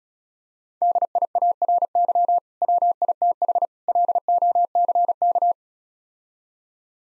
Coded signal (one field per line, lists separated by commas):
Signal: Morse code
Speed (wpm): 36 wpm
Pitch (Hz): 700 Hz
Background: none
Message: DIARY WITH LOCK